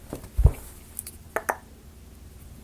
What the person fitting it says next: Okay, that had a last little click there at the end, so that made it better.